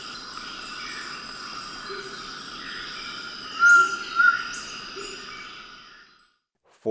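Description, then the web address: Large-headed flatbill uttering a single pair of mellow whistles midway, with insect buzzing throughout before the recording fades out. Recorded in Ecuador. "S America Birds of Ecuador. Large-headed Flatbill"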